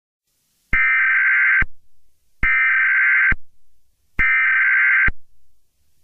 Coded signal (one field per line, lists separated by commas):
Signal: Emergency Alert System (SAME) tones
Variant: header bursts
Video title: EAS Scenario #1: Doom (READ PINNED)